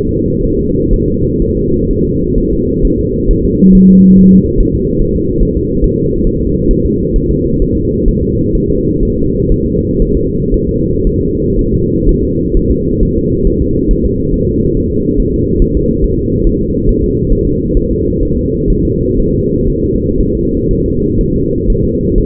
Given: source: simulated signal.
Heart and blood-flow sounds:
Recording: fetal heart sounds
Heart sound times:
0.09 s: S2
0.44 s: S1
0.59 s: S2
0.94 s: S1
1.08 s: S2
1.42 s: S1
1.57 s: S2
1.90 s: S1
2.05 s: S2
2.38 s: S1
2.53 s: S2
2.85 s: S1
2.99 s: S2
3.31 s: S1
3.45 s: S2
3.75 s: S1
3.90 s: S2
4.18 s: S1
4.33 s: S2
4.60 s: S1
4.75 s: S2
5.02 s: S1
5.16 s: S2
5.43 s: S1
5.57 s: S2
5.84 s: S1
5.99 s: S2
6.27 s: S1
6.42 s: S2
6.71 s: S1
6.86 s: S2
7.16 s: S1
7.31 s: S2
7.62 s: S1
7.77 s: S2
8.08 s: S1
8.23 s: S2
8.55 s: S1
8.70 s: S2
9.03 s: S1
9.17 s: S2
9.52 s: S1
9.66 s: S2
10.02 s: S1
10.17 s: S2
10.54 s: S1
10.69 s: S2
11.07 s: S1
11.22 s: S2
11.59 s: S1
11.73 s: S2
12.09 s: S1
12.24 s: S2
12.57 s: S1
12.71 s: S2
13.03 s: S1
13.17 s: S2
13.47 s: S1
13.62 s: S2
13.91 s: S1
14.06 s: S2
14.34 s: S1
14.49 s: S2
14.77 s: S1
14.92 s: S2
15.20 s: S1
15.34 s: S2
15.62 s: S1
15.77 s: S2
16.04 s: S1
16.19 s: S2
16.47 s: S1
16.61 s: S2
16.89 s: S1
17.04 s: S2
17.32 s: S1
17.47 s: S2
17.77 s: S1
17.91 s: S2
18.23 s: S1
18.37 s: S2
18.70 s: S1
18.85 s: S2
19.19 s: S1
19.34 s: S2
19.70 s: S1
19.84 s: S2
20.20 s: S1
20.35 s: S2
20.71 s: S1
20.86 s: S2
21.21 s: S1
21.36 s: S2
21.70 s: S1
21.85 s: S2
22.18 s: S1
From the record:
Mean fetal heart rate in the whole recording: 130 bpm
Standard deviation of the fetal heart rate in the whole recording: 4 bpm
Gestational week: 38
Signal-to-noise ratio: -14.7 dB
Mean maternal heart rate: 72 bpm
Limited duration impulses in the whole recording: present

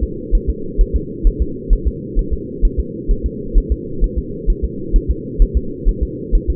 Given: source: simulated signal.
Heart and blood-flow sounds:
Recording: fetal heart sounds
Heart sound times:
0.03 s: S2
0.35 s: S1
0.50 s: S2
0.81 s: S1
0.96 s: S2
1.27 s: S1
1.42 s: S2
1.73 s: S1
1.88 s: S2
2.19 s: S1
2.33 s: S2
2.65 s: S1
2.79 s: S2
3.11 s: S1
3.26 s: S2
3.58 s: S1
3.72 s: S2
4.04 s: S1
4.18 s: S2
4.50 s: S1
4.64 s: S2
4.96 s: S1
5.10 s: S2
5.42 s: S1
5.57 s: S2
5.89 s: S1
6.03 s: S2
6.35 s: S1
6.50 s: S2
From the record:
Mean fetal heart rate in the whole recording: 130 bpm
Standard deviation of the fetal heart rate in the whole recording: 2 bpm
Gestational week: 38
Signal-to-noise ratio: -4.3 dB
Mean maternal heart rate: 72 bpm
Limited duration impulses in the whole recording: absent

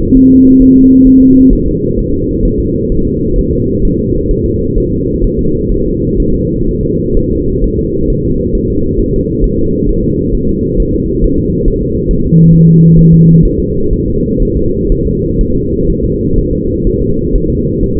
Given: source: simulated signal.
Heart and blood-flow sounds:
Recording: fetal heart sounds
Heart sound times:
0.17 s: S1
0.32 s: S2
0.62 s: S1
0.77 s: S2
1.07 s: S1
1.22 s: S2
1.53 s: S1
1.68 s: S2
1.99 s: S1
2.14 s: S2
2.45 s: S1
2.60 s: S2
2.92 s: S1
3.07 s: S2
3.39 s: S1
3.53 s: S2
3.85 s: S1
4.00 s: S2
4.31 s: S1
4.46 s: S2
4.78 s: S1
4.92 s: S2
5.24 s: S1
5.39 s: S2
5.72 s: S1
5.86 s: S2
6.20 s: S1
6.34 s: S2
6.68 s: S1
6.83 s: S2
7.17 s: S1
7.31 s: S2
7.64 s: S1
7.79 s: S2
8.10 s: S1
8.25 s: S2
8.55 s: S1
8.70 s: S2
9.00 s: S1
9.14 s: S2
9.44 s: S1
9.59 s: S2
9.89 s: S1
10.04 s: S2
10.35 s: S1
10.49 s: S2
10.80 s: S1
10.95 s: S2
11.24 s: S1
11.39 s: S2
11.68 s: S1
11.83 s: S2
12.11 s: S1
12.26 s: S2
12.54 s: S1
12.69 s: S2
12.99 s: S1
13.14 s: S2
13.45 s: S1
13.60 s: S2
13.93 s: S1
14.08 s: S2
14.43 s: S1
14.57 s: S2
14.92 s: S1
15.07 s: S2
15.41 s: S1
15.56 s: S2
15.90 s: S1
16.04 s: S2
16.38 s: S1
16.53 s: S2
16.87 s: S1
17.02 s: S2
17.36 s: S1
17.50 s: S2
17.84 s: S1
17.98 s: S2
From the record:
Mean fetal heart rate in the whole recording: 130 bpm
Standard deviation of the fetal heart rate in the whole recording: 4 bpm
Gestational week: 38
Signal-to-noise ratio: -15.3 dB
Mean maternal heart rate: 72 bpm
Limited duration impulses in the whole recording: present

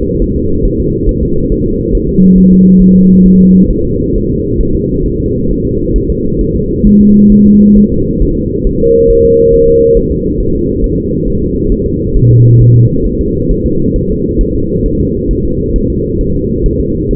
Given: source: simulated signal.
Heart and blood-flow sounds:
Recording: fetal heart sounds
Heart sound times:
0.22 s: S1
0.36 s: S2
0.65 s: S1
0.80 s: S2
1.09 s: S1
1.23 s: S2
1.52 s: S1
1.66 s: S2
1.95 s: S1
2.09 s: S2
2.38 s: S1
2.52 s: S2
2.82 s: S1
2.96 s: S2
3.26 s: S1
3.40 s: S2
3.71 s: S1
3.85 s: S2
4.16 s: S1
4.30 s: S2
4.61 s: S1
4.75 s: S2
5.06 s: S1
5.20 s: S2
5.51 s: S1
5.65 s: S2
5.96 s: S1
6.10 s: S2
6.41 s: S1
6.56 s: S2
6.87 s: S1
7.01 s: S2
7.32 s: S1
7.47 s: S2
7.78 s: S1
7.92 s: S2
8.22 s: S1
8.37 s: S2
8.67 s: S1
8.81 s: S2
9.10 s: S1
9.25 s: S2
9.54 s: S1
9.68 s: S2
9.97 s: S1
10.12 s: S2
10.40 s: S1
10.55 s: S2
10.84 s: S1
10.98 s: S2
11.28 s: S1
11.42 s: S2
11.72 s: S1
11.86 s: S2
12.17 s: S1
12.31 s: S2
12.62 s: S1
12.76 s: S2
13.06 s: S1
13.21 s: S2
13.51 s: S1
13.66 s: S2
13.96 s: S1
14.11 s: S2
14.41 s: S1
14.55 s: S2
14.86 s: S1
15.00 s: S2
15.31 s: S1
15.45 s: S2
15.76 s: S1
15.90 s: S2
16.21 s: S1
16.35 s: S2
16.66 s: S1
16.80 s: S2
17.11 s: S1
From the record:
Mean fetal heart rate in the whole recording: 135 bpm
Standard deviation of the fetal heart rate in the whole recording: 3 bpm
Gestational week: 36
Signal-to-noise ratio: -15.3 dB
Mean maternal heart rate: 72 bpm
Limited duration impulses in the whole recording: present

